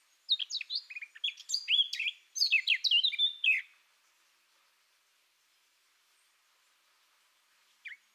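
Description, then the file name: Eurasian blackcap song: a rapid, scratchy warble of varied notes lasting about three seconds, then a long silence broken by a single short note near the end. "Sylvia atricapilla"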